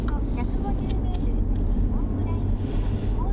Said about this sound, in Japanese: はい、これあれですね、車詳しい人が聞いたらさ、うん、ナビの声聞いてさ、うん、あそこにいるのか今って分かっちゃうね。